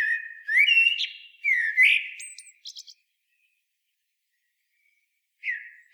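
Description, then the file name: Common blackbird song: low fluty whistles followed by scratchy high-pitched twittering notes, a pause, then the start of another phrase. "Turdus merula"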